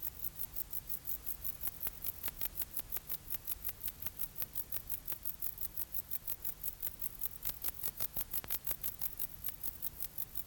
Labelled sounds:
Bog Bush-cricket (Metrioptera brachyptera) stridulation
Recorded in the wild
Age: imago
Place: Treuchtlingen, Heumöderntal, Bayern, DE
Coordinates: 48.96, 10.91
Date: 1993-09-22
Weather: heiter, 23°C
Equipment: Marantz CP 430, Sennheiser MKH 416 T, Kopie Uher Variocord 263
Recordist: Tembrock, Günter

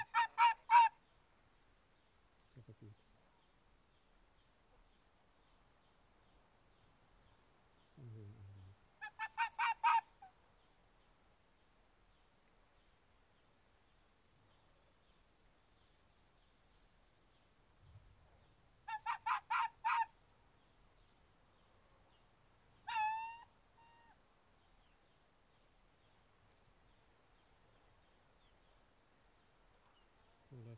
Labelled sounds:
Arctic Fox (Vulpes lagopus)
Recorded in the wild
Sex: male
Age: adult
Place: Insel Mednyi, Kommandeur-Inseln, RU
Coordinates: 54.5167, 168.083
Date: 1999-07-09 21:32
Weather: bedeckt, 10°C, kein Nebel
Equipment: Sony WM-D6C, Sennheiser MKH 70, Windkorb, Kopie Sony TCD-D8
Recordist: Frommolt, Karl-Heinz

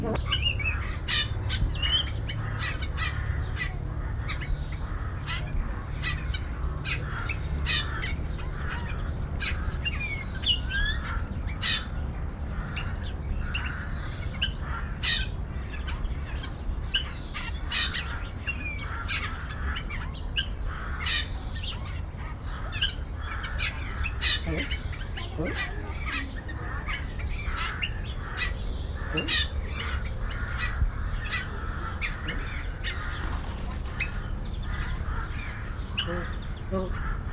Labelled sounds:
Yellow-billed Grosbeak (Eophona migratoria)
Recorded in captivity
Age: adult
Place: Tierpark Berlin, Berlin, DE
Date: 1993-03-13 11:42
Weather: 5-12°C, heiter
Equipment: Marantz CP 430, Sennheiser ME 80, Kopie Uher Variocord 263
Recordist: Tembrock, Günter

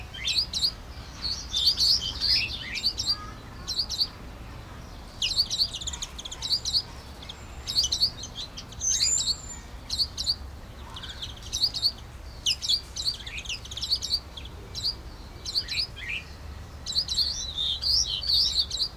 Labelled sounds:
Common Redpoll (Carduelis flammea)
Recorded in captivity
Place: Zoo Dresden, Sachsen, DE
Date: 1995-05-17 14:15
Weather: bedeckt, 12°C
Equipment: Marantz CP 430, Sennheiser ME 80, Kopie Uher 4000 Report Monitor
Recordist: Tembrock, Günter

